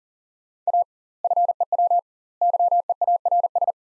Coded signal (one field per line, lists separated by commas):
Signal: Morse code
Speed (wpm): 40 wpm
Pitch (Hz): 700 Hz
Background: none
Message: A FEW YEARS